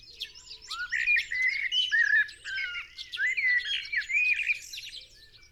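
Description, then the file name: Common blackbird mellow whistled phrases, rising and falling in quick runs, tangled with many thin, high chirps from other birds throughout. "Turdus merula"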